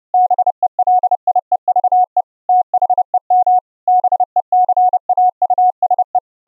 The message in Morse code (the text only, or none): BELIEVE THEM BECAUSE